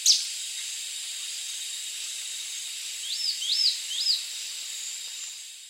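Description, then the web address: Rio Suno antwren song: three quick high notes that rise and then fall, given in a short burst against a constant high hiss. Eastern Lowlands of South America. "Natures Songs S America Eastern Lowlands. Rio Suno Antwren"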